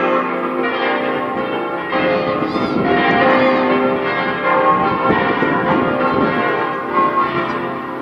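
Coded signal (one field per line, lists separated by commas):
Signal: bell signal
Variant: full peal (plenum)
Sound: several church bells swinging together in a continuous overlapping full peal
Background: outdoor ambience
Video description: -h. 10:30: segnale orario della mezza sulla 3^ Mi3 e Plenum solenne pasquale mezz' ora prima della messa delle 11:00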